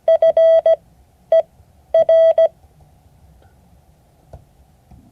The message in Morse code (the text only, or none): FER